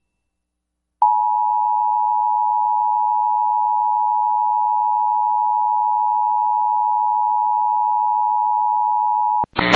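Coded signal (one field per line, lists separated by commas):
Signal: Emergency Alert System (SAME) tones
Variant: 853 and 960 Hz attention tone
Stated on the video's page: Real Tornado Warning for Colbert, Franklin and Lauderdale Counties, Alabama, with valid EAS tones.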